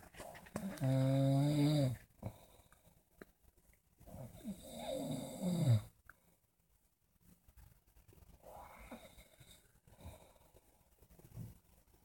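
Snoring from an adult sleeper: two loud, tonal snores a few seconds apart, then softer, quieter breaths.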